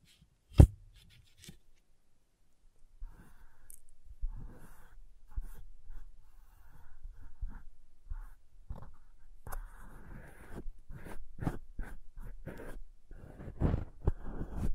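Crayons tap, scrape and drag across a surface, opening with one sharp tap near the start and a stretch of quiet before steady drawing strokes begin around three seconds. The scratching grows busier toward the end, with quick repeated strokes and a firm knock near fourteen seconds.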